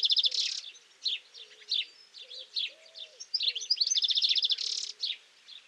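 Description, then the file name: European goldfinch song: a fast tinkling twitter of varied high notes, with buzzy nasal bursts near the start and end, plus faint soft low tones underneath. "Carduelis carduelis"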